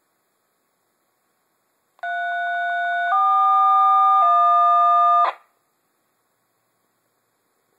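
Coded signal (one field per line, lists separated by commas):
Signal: DTMF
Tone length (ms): 1100 ms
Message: 341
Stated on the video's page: Three DTMF tones played back by a re-flashed UV-3R radio when it receives a strong signal on 145.525.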